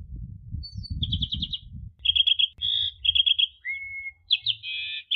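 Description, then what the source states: Asian pied starling song of short trilled note clusters and a level whistle, over a low rumbling background noise. Bird singing actively ('gacor'), used as tutor audio for training cage birds.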